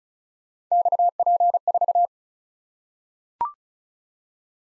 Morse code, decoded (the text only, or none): XP4